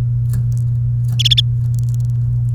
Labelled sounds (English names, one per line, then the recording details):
Domestic Canary song
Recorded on 29 April 2018 at 12:16
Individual llb3